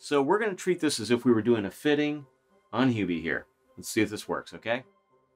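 A fabric snap fastener on a cape is handled during a fitting, about to close onto its mating snap on the costume. Someone talks throughout, with music in the background. Nothing has seated or clicked yet.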